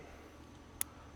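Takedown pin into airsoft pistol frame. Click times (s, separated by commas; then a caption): 0.8 s. During reassembly of a metal AW Custom SAI CO2 airsoft pistol, the takedown pin is pushed back into the frame. A single sharp, bright click at 0.8 s stands out against a quiet, steady background. The pin snaps in and is seated.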